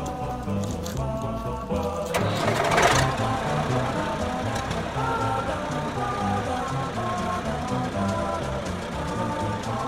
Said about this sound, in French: C'est que je vais démarrer le tracteur, ça risque de faire beaucoup de bruit. Vous allez faire quoi avec le tracteur là ? Je vais déchaumer pour remettre la terre propre avant de ressemer.